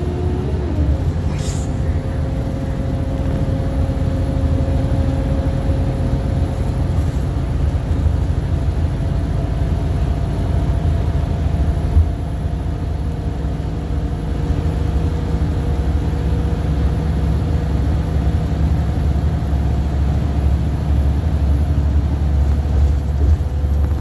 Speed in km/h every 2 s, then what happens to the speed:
64, 66, 66, 66, 68, 68, 68, 69, 69, 69, 71, 72.
0-24 steady at about 68.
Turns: none.